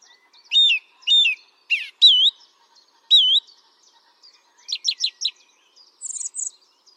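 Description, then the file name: Song thrush song with clear looping whistles repeated twice, a rapid series of sharp notes, then a thin scratchy phrase at the end. "singdrossel"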